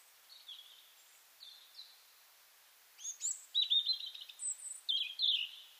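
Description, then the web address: European robin giving high, thin whistled phrases, soft at first, then a louder run of sweet, jingling notes and short trills in the last three seconds. "SETE data Erithacus rubecula"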